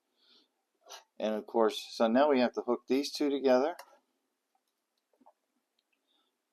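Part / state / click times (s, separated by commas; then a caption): model railroad track section joining another track section / not seated / none. Someone talks while two model railroad track sections are positioned and lined up before being pushed together. Afterward, only a few faint contact ticks are heard, around 5.3 s and 5.8 s. Nothing has seated or clicked yet.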